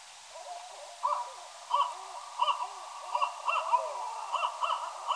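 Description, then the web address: Barred owl giving loud, excited arched hoots and cackling notes, repeated in uneven bursts throughout, with a faint steady hiss underneath. Recorded at Danby on 9 October 2019 at 03:56. "Danby BAOW 9 Oct 19 0356"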